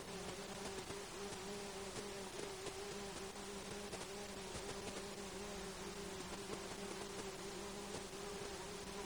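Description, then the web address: Mosquitoes droning, an even buzzing hum with a low tone and a clearer higher overtone, steady for the whole stretch above a wash of background noise. Alaska, recorded 10 August 2012 at 19:10. "INSECTS 20120810 191000. Mosquitos"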